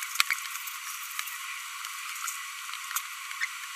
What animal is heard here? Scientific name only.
Forpus passerinus